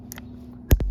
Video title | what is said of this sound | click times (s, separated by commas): 2022+ YAMAHA YZF-R7 INTEGRATED TAILLIGHT + TUCKED MOUNT - INSTALLATION | So you hear a click. | 0.7 s